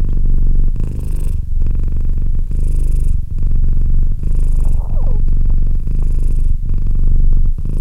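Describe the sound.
Domestic cat purr, steady deep rhythmic rumbling with regular breath pauses, a faint brief squeak near the middle.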